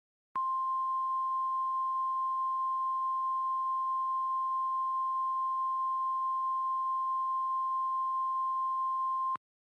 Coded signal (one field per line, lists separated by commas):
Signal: Emergency Alert System (SAME) tones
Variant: 1050 Hz attention tone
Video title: DID YOU LOVE ME? - An EAS Scenario